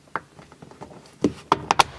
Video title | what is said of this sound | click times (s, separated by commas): CHEAP INTERIOR MOD - VINYL WRAP | I heard it snap in both spots, so I know it's on | 1.5 s, 1.7 s